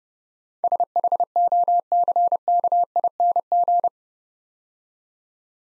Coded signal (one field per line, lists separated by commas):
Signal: Morse code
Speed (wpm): 28 wpm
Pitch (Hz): 700 Hz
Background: none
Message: SHOCKING